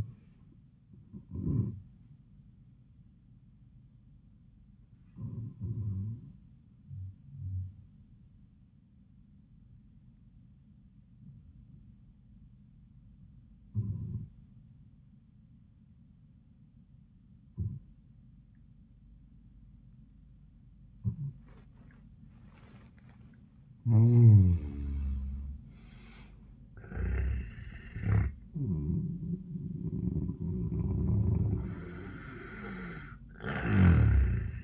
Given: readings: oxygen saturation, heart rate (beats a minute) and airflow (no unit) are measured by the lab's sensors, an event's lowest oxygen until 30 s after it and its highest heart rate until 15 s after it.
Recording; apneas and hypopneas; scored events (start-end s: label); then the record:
breathing in sleep by a smartphone at the bedside; 1
3.00-24.30 s: hypopnea (N1, oxygen 96% highest, then 84% lowest)
From the record:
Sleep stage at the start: N1 (lightest sleep); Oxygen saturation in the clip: 85 to 96%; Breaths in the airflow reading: 6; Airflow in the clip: -31.2 to 26.5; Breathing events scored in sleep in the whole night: 400 in 8.7 hours asleep